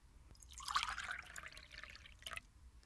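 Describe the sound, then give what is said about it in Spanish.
Bottled water pours steadily into a glass for a couple of seconds, a bright, bubbling splash that swells quickly, then thins into a softer trickle with a final small splash. “Le pongo agua embotellada.”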